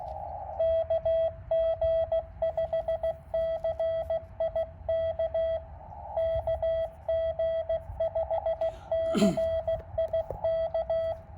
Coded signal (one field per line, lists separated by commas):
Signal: Morse code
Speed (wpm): 16 wpm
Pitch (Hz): 660 Hz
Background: radio noise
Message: KG5CIK KG5CIK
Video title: POTA QRP Cootie Activation: James Pate Philip State Park K-1001 10/28/2022 with KX2 and 9:1 Vertical